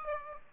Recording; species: mosquito wingbeat signal from an infrared sensor; Aedes aegypti